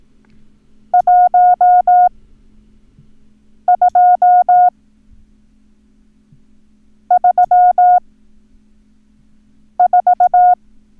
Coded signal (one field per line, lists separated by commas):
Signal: Morse code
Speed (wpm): 18 wpm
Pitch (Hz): 720 Hz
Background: none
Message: 1 2 3 4